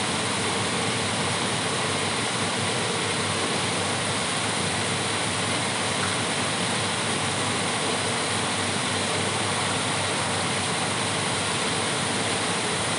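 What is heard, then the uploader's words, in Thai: A waterfall in an open courtyard pours continuously, a dense, steady rush of water that never changes over the whole stretch. The sound is full, with a bright hiss on top and a low, engine-like rumble underneath. น้ำตกในลานเอนกประสงค์.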